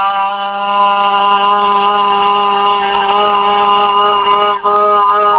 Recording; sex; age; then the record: sustained vowel /a/ by telephone; female; 40 to 49 years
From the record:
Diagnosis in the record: healthy control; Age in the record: 40 years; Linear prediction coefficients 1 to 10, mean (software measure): 1.13, -0.66, 0.17, -0.83, 0.75, -0.24, -0.20, 0.00, 0.08, -0.08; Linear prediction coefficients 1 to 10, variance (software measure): 0.043, 0.074, 0.061, 0.079, 0.071, 0.053, 0.034, 0.041, 0.035, 0.011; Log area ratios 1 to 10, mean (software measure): -1.57, 1.82, 0.47, 0.87, -0.94, 0.85, 0.32, -0.06, 0.01, 0.17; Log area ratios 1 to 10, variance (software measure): 0.016, 0.482, 0.285, 0.298, 0.264, 0.186, 0.086, 0.066, 0.065, 0.046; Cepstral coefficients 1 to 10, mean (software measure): 1.13, 0.00, -0.09, -0.86, -0.17, 0.13, -0.09, 0.15, 0.07, -0.13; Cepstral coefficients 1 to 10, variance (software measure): 0.043, 0.026, 0.028, 0.027, 0.011, 0.010, 0.008, 0.011, 0.016, 0.007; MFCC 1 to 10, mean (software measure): -2.98, 0.78, -1.21, -1.36, 0.54, 0.36, -1.10, 0.11, -0.93, 0.19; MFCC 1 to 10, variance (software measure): 0.387, 0.062, 0.078, 0.084, 0.123, 0.232, 0.286, 0.300, 0.331, 0.134